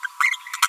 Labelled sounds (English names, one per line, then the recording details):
Green-rumped Parrotlet babbling
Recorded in a nest box in Venezuela
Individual 18B25A5